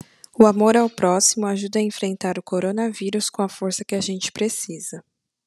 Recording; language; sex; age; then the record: spoken sentence; Brazilian Portuguese; female; 20 to 29 years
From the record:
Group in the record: control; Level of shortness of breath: 0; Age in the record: 28 years